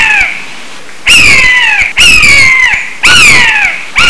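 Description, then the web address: Bird with harsh, nasal squawks that fall in pitch, three full calls after the tail of an earlier one, with a fresh call starting at the end. "特酷声音素材库 动物 鸟 Bird"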